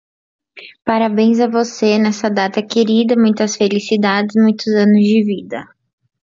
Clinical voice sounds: short text; Brazilian Portuguese; female; 20 to 29 years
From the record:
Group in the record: control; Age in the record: 25 years

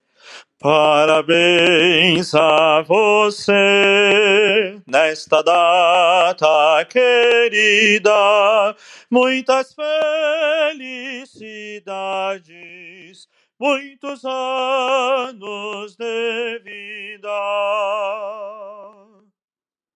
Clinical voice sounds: short text; Brazilian Portuguese; male; 40 to 49 years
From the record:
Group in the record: control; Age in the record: 42 years

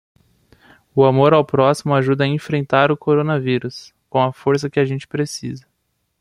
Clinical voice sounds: spoken sentence; Brazilian Portuguese; male; 20 to 29 years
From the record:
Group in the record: control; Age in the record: 27 years

